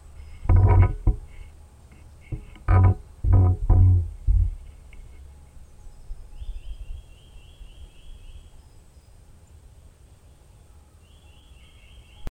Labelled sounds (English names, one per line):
Common Firecrest call